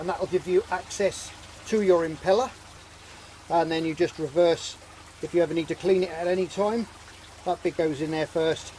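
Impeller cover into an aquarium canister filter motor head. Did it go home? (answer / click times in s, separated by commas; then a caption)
no / none. Someone talks while handling the plastic impeller cover of a Fluval 207 aquarium canister filter, hooking it in at one end to fit it onto the motor head. Low hum and soft handling sounds sit beneath the speech. Nothing has seated or clicked yet; the cover is not yet home.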